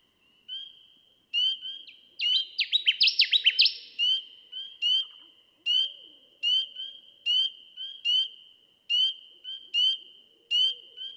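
Connecticut warbler song: a rapid, loud run of chippy descending notes near the start, followed by evenly spaced short whistled notes repeated steadily.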